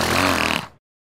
That's the sound of a donkey sneezing. It's coming from the front end of the donkey. An annoyed donkey from the sounds of it.